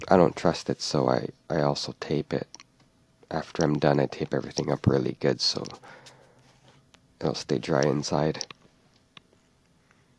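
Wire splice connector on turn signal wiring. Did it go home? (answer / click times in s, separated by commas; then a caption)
yes / 9.2 s. Someone talks for most of the clip, then a wire splice connector on turn signal wiring is squeezed together by hand. A sharp click is heard at 9.2 s as the connector locks in place.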